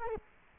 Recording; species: mosquito wingbeat signal from an infrared sensor; Culex quinquefasciatus